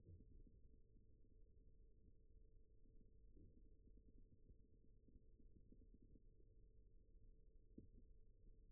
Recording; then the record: forearm muscle sounds (acoustic myography)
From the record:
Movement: rest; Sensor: system 1, eight BSWA MPA416 microphones around the upper forearm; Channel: 3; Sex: male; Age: 41 years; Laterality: right